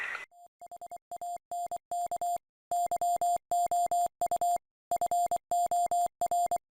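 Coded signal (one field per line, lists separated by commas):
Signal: Morse code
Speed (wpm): 25 wpm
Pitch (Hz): 700 Hz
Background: none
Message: HANK YOU FOR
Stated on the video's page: HF radio email using a SignaLink sound card interface with the Winmor application and the Winlink system.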